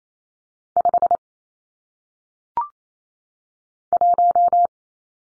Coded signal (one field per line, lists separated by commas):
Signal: Morse code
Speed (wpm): 28 wpm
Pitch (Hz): 700 Hz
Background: none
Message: 5 1